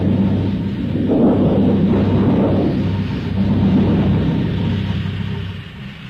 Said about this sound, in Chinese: 第三幕，风雷闪电刚过，接着下了一场暴雨。半夜了，还是没有一点凉气，更大的暴雨就要来了。